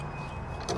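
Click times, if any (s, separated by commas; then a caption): 0.7 s. The plastic cover of a screwless switch wall plate is pressed onto its backing plate over a steady low hum. It snaps into place with a sharp click at 0.7 s, followed by a brief second burst of noise, and the cover is seated.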